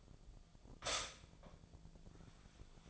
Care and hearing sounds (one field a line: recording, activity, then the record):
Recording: daily activity, microphone in the room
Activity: stop toaster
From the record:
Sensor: 5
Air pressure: 1009.4 hPa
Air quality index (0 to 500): 170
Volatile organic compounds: 4 ppm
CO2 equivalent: 1645 ppm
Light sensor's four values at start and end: 90/238/97/102 and 90/238/97/102